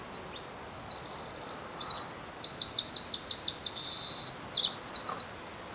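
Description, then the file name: Eurasian wren singing a fast, shrill outpouring of high trills and rattling repeated notes, ending in a quick bright flourish; quiet background. "Troglodytes troglodytes"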